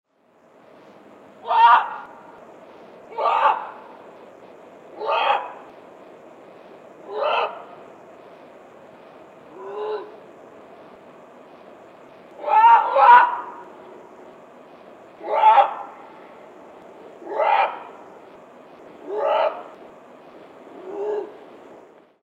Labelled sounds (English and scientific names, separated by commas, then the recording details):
Jungle Cat (Felis chaus)
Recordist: Tembrock, Günter
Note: Männchen: Rufreihen